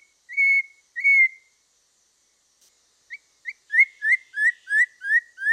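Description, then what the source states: Masked laughingthrush gives two long, pure whistles, then after a pause a rapid string of short, clear whistled notes. Variation 4.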